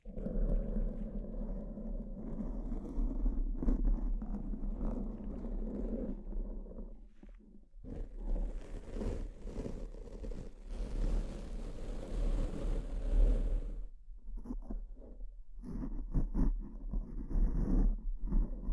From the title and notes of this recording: ASMR S E N S I T I V E Brain Scratch (No Talking).